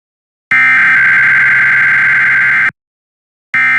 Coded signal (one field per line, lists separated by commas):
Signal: Emergency Alert System (SAME) tones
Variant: header bursts